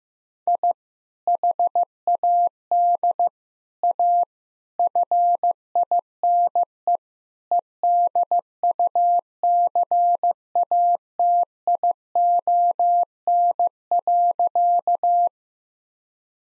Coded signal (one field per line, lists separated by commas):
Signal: Morse code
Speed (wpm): 15 wpm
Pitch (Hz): 700 Hz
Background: none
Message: I HAD A FINE EDUCATION.